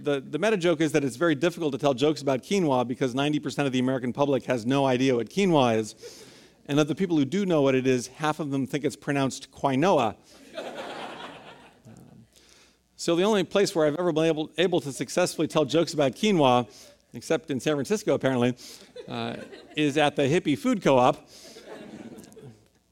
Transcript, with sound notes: The meta-joke is that it’s very difficult to tell jokes about quinoa because 90% of the American public has no idea what quinoa is. And that the people who do know what it is, half of them think its pronounced “kwi-noa.”
[Laughter]
So the only place where I’ve been able to successfully tell jokes about quinoa, except in San Francisco apparently, is at the Hippie Food Co-op.